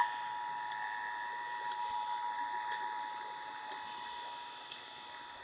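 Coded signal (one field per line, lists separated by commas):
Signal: Emergency Alert System (SAME) tones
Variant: 853 and 960 Hz attention tone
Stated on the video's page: Real EAS tests received from broadcast stations.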